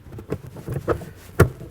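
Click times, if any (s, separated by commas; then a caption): none. A large cotton radial air filter is pressed by hand into the plastic airbox of an aFe Momentum XP PRO 5R cold air intake on a 2017-18 Ford F-150 Raptor. Soft, low rustling and handling bumps are heard, with a brief, sharper knock at about 1.4 s. The filter has not snapped or seated into the airbox yet.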